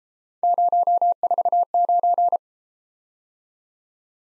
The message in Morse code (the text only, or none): 049